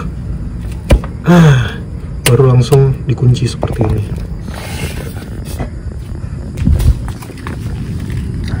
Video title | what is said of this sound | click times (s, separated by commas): Komponen Radiator BMW E46 Yang Paling Jarang Dilihat - Lower Return Hose 11531436410 | dorong sampai klik | 0.9 s